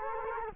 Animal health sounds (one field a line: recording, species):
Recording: mosquito wingbeat signal from an infrared sensor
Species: Culex quinquefasciatus